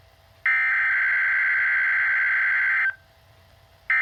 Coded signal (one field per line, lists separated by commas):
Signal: Emergency Alert System (SAME) tones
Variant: header bursts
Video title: EAS 109 KIH35 RWT